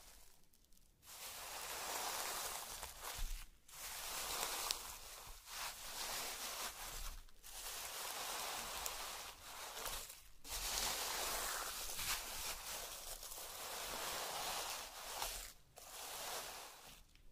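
Slime and crayon sounds: a dense, bright, crackling hiss like wet squishing or scribbling, running in long strokes. Short pauses break it every two to three seconds, around 1, 3.5, 5.5, 7 and 10 seconds, and the loudness stays fairly even throughout.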